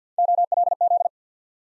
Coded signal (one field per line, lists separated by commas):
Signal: Morse code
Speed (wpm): 50 wpm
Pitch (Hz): 700 Hz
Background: none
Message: OLZ